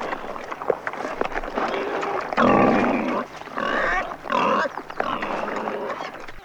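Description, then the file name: Wild boar giving rough, hoarse grunts and squeals, the loudest bursts after two seconds and again near four seconds, with low background noise between. "dzik"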